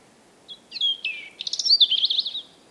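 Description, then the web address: European robin song phrase: clear thin whistles that slide downward, then a rapid, jangling trill of high notes, over faint low rumble. "Deverinetal 2025 File origin Bird Only Er Ru"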